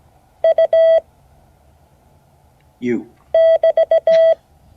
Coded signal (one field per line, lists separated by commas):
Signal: Morse code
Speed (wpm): 16 wpm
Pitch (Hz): 650 Hz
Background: speech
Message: U <BT>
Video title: Morse code class 2024-08-15 (12 of 12)